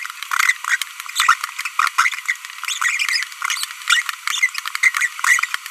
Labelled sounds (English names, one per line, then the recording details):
Green-rumped Parrotlet babbling
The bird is a female
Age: 25 days
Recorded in a nest box in Venezuela
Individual 17B42B1